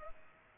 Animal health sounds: mosquito wingbeat signal from an infrared sensor; Culex pipiens

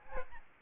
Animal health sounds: mosquito wingbeat signal from an infrared sensor; Aedes albopictus

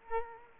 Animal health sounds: mosquito wingbeat signal from an infrared sensor; Culex quinquefasciatus

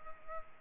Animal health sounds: mosquito wingbeat signal from an infrared sensor; Culex pipiens

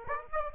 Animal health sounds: mosquito wingbeat signal from an infrared sensor; Aedes aegypti

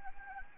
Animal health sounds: mosquito wingbeat signal from an infrared sensor; Anopheles gambiae

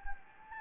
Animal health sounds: mosquito wingbeat signal from an infrared sensor; Anopheles gambiae

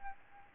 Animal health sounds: mosquito wingbeat signal from an infrared sensor; Aedes albopictus

